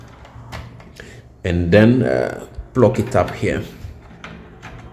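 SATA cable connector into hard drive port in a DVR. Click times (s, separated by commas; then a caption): 4.2 s. A SATA data and power cable connector is pushed onto a surveillance hard drive inside a DVR while someone talks. A single sharp click is heard at 4.2 s as the connector seats in the drive's port.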